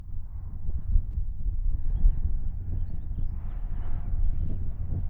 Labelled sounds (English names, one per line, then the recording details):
House Finch song
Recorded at Babylon on Long Island, New York, on 22 May 1975
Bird A